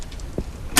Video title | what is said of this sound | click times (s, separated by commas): Bosh Saw Use | to zero maybe you heard it click | 0.8 s